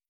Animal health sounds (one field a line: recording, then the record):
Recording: hydrophone in a shrimp aquaculture tank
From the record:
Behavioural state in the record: starved